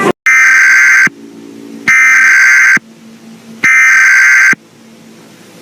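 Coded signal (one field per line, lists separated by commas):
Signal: Emergency Alert System (SAME) tones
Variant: header bursts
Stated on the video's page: Fictional EAS scenario.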